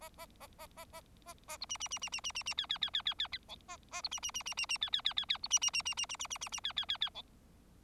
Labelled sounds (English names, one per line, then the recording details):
Bengalese Finch song
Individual Bird4